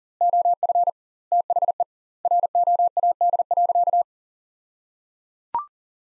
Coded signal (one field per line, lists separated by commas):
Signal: Morse code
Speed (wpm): 37 wpm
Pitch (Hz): 700 Hz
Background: none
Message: OF THE ROAD.